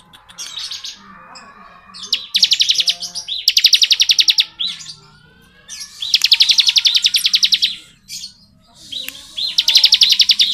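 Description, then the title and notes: Bar-winged prinia singing harsh rattling trills, four loud buzzy bursts separated by quieter gaps holding faint chirping. Bar-winged prinia in the ngebren song style, used as tutor audio for training white-rumped shamas (murai batu). "Ciblek Ngebren Untuk Masteran Murai Batu. Suara burung ciblek - Suara Nada"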